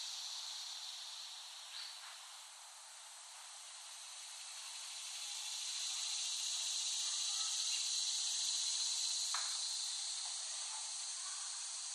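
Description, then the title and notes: Cicadas in a high, hissing chorus that swells louder in the middle and eases off again, with a couple of soft clicks. Cicadas recorded in West Brighton, Staten Island, late summer 2008. "The Cicadas of Summer. Recording of cicadas made by Dan Bodah in West Brighton, Staten Island, late summer 2008"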